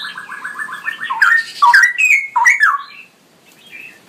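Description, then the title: Straw-headed bulbul song opening with a fast rippling series of notes that swells into loud gurgling whistles, then fades into soft warbles. Male singing persistently with a loud voice and long rolling phrases; masteran recording for training other birds. "GILEEE Cucak ROWO Jantan GACOR Suara Lantang ROoo EL Panjang"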